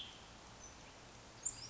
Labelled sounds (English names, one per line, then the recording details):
Western Tanager
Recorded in Sonoma County, California